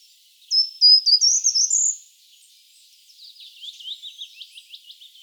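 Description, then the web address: Short-toed treecreeper song: a crisp run of high, thin notes rising at the end, followed by a softer, rapid ticking trill. "vogelstimmen gartenbaumlaeufer gesang nabu lars lachmann"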